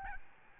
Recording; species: mosquito wingbeat signal from an infrared sensor; Aedes albopictus